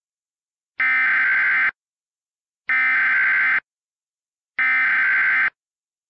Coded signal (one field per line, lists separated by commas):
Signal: Emergency Alert System (SAME) tones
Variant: header bursts